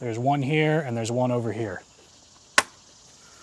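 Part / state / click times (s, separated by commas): air filter housing clip onto filter box cover / seated / 2.6 s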